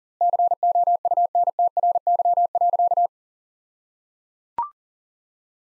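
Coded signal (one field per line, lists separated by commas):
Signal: Morse code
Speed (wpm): 37 wpm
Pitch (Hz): 700 Hz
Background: none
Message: COUNTRY.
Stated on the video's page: Morse practice sentences built from the top 300 words, sent at 40 wpm with twice the standard word spacing, a word-level Farnsworth-style approach.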